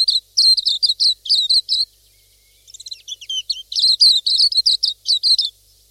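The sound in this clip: Pleci silvereye twittering in quick, high, bright chirps in two runs, separated by a short lull.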